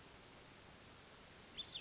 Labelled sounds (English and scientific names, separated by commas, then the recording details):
Cassin's Vireo (Vireo cassinii)
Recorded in Sonoma County, California